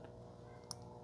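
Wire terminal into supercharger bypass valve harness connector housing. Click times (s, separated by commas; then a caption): 0.7 s. The terminal on a yellow-green wire is pushed, flared tab up, into the plastic connector housing of a supercharger bypass valve harness during a MercRacing MRA1900 supercharger install on an Audi C7 A6/A7, B8 S4, S5 or SQ5. A single sharp, bright click sounds at 0.7 s as the terminal seats fully in the housing.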